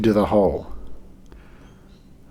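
A metal bridge plate is lowered onto the gear train pivots of an Omega 166.0098 Geneve wristwatch movement, calibre 1481, but it does not settle because a pivot is not yet in its jewel hole. Someone talks for the first second, then faint handling ticks come at about 1.3 s over a quiet background. The plate has not dropped or seated yet.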